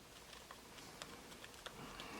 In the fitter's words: you can feel it clicking in different places and then